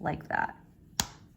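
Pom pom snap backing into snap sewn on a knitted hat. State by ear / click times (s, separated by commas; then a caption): seated / 1.0 s. Someone talks briefly as a detachable faux-fur pom pom with a snap backing is pressed onto its mating snap half, which is sewn onto a crocheted beanie. A single sharp snap is heard at 1.0 s as the fastener seats, leaving the pom pom nice and secure on the hat.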